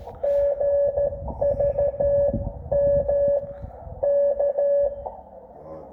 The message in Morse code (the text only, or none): GVM K